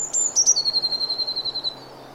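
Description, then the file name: Eurasian blue tit song opening with high sharp notes that drop into a rapid, level, ringing trill, continuing for over a second before fading. "Cyanistes caeruleus"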